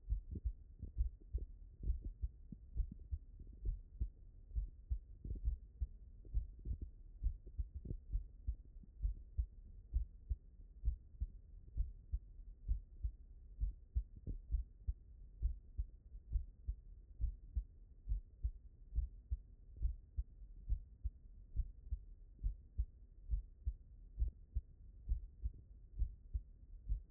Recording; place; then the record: heart sounds by stethoscope; mitral valve (MV)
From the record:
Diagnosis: non-HFrEF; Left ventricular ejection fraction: 67%